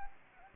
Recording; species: mosquito wingbeat signal from an infrared sensor; Anopheles gambiae